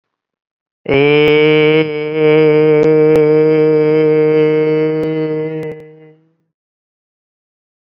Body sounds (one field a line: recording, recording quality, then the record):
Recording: sustained vowel as in made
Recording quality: excellent, no background noise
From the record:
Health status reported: COVID-19 positive, mild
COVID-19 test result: positive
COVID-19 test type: RT-PCR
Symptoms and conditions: cough, sore throat, fatigue, muscle pain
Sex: male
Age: 23 years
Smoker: no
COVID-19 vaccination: both doses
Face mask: worn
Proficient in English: no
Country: India